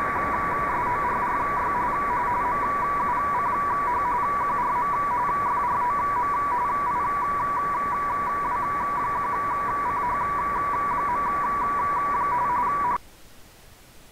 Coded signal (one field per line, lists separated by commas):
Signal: RTTY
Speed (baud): 45.45 baud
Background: radio noise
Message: SORRY MUCH QRM FROM IW1CH. H